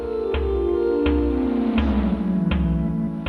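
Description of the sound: Biomusic sonification of an anxious state: sensors on the body turn vital signs into sound, with heart rate controlling the tempo, temperature determining the notes and skin sweat driving the melody. Sustained tones with a falling pitch line are punctuated by periodic percussive clicks. Biomusic is explored as a way for nonverbal autistic children to express themselves.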